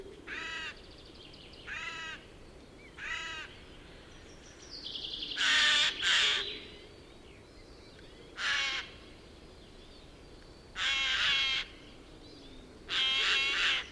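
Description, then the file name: Eurasian jay giving harsh, rasping screeches: three short ones at regular intervals, then longer grating bursts. "Garrulus glandarius"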